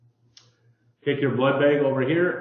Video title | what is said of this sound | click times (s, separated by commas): VATA–Infusion Product Demo–Advanced Venipuncture Training Aid | place it back in here and just snap until you feel it pop into place | 0.4 s